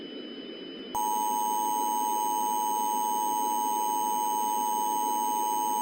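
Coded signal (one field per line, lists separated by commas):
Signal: Emergency Alert System (SAME) tones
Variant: 853 and 960 Hz attention tone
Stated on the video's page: Simulated tornado outbreak EAS scenario, a fictional recreation.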